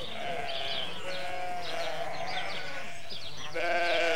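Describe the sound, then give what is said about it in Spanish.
A flock of sheep in a meadow bleats in overlapping, wavering calls, a chorus of nasal baas rising and falling over a steady outdoor hiss, growing louder toward the end. “Salía a la pradera con su rebaño y así pasaba su tiempo.”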